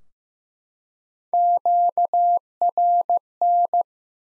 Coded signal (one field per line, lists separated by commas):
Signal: Morse code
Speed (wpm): 15 wpm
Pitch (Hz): 700 Hz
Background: none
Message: QRN